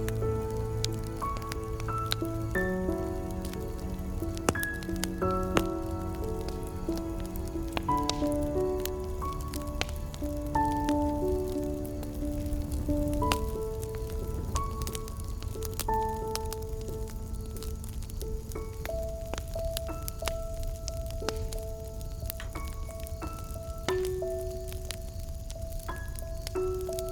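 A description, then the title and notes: Soft piano plays a slow, gentle melody of sustained notes in the middle register, with low chords underneath early on that thin out later. Throughout, a constant crackle and tick of burning fire, its tiny pops scattered densely and evenly. 這首音樂結合舒緩鋼琴曲與柴火燃燒的音效. This track is remixed with soft piano and the sound of fire burning.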